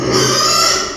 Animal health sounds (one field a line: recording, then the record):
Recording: squeal of a Yucatan mini pig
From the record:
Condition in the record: before surgery on the right vocal fold (resection and tissue-engineered implant)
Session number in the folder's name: 1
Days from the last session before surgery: -3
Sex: male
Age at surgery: 12 weeks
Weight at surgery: 13 kg